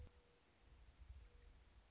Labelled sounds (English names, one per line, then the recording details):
Mourning Dove
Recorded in Sonoma County, California